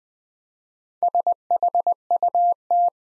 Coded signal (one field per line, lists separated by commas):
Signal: Morse code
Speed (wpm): 20 wpm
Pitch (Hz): 700 Hz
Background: none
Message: SHUT